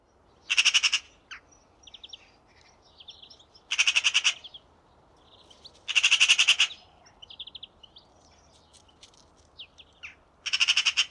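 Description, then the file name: Eurasian magpie uttering four loud rattling chatters spaced a few seconds apart, dry and staccato, with faint chips and squeaks between them. "Pica pica"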